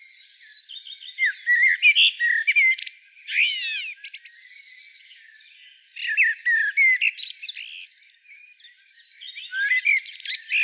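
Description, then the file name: Common blackbird singing: sweeping squeaky and whistled phrases in dense bursts separated by quieter gaps. "Turdus merula"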